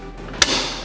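A short plastic truss-support bracket with hooked fingers is set into a slot on a nest wall and pushed home. A single sharp, loud click at 0.4 s marks it locking into place, followed by a brief fading tail.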